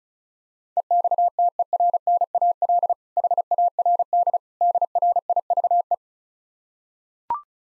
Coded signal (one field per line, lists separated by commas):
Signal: Morse code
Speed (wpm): 36 wpm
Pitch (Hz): 700 Hz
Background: none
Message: EXTERNAL HARD DRIVE